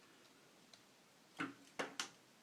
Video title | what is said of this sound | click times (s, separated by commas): MP-10 Optimus Prime - Transformer Masterpiece Review | and you'll hear it kind of snap into place. | 2.0 s